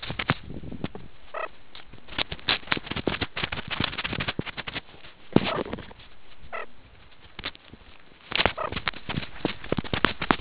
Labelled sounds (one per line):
meerkat close call